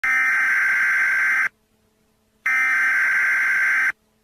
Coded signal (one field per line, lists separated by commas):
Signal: Emergency Alert System (SAME) tones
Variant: header bursts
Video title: Interdimensional Beings | EAS